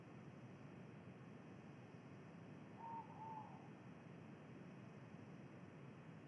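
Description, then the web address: Ivory-breasted pitta calling once, a brief double whistled note, over a steady low hiss. Recorded in Indonesia. "ULM-DS-Lab indonesian-bird-sounds. Pitta maxima"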